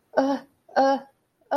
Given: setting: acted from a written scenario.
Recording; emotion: vocal sound without words; distress